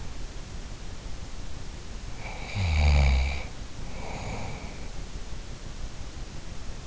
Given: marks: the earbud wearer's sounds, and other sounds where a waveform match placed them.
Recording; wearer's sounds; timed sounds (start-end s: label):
sounds in sleep by an in-ear microphone; snoring breath
2.12-4.94 s: snoring breath